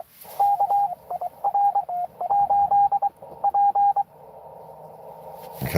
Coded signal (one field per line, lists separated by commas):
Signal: Morse code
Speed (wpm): 23 wpm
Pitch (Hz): 810 Hz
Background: none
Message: KR8P